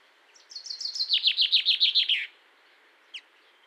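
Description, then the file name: Common chaffinch song: a quick run of bright repeated notes falling in pitch and ending in a flourish, then one brief call note after a pause. "Fringilla coelebs"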